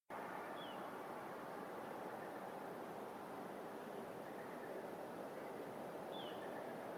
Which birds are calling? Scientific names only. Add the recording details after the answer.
Charadrius dubius. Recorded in France